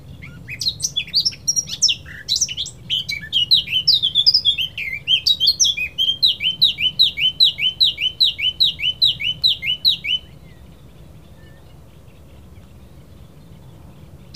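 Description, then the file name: Eurasian blackcap singing a quick, varied warble that settles into a fast run of repeated sweeping notes, then stops, leaving quiet low hum. "Sylvia atricapilla"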